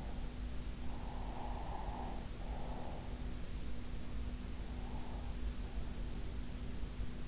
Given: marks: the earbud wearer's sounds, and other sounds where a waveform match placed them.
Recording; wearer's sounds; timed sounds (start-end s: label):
sounds in sleep by an in-ear microphone; breath
0.29-3.29 s: breath